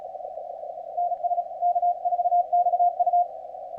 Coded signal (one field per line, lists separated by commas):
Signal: Morse code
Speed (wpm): 36 wpm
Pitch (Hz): 700 Hz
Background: radio noise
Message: NS K4XU